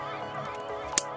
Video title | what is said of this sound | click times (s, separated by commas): Calibrating the MTX-L Digital Air Fuel Ratio Gauge | make sure you hear that snap | 1.0 s